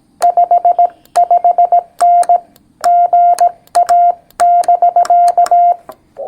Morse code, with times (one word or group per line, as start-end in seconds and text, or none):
0.2-2.4 55N
2.9-5.7 GA<BK>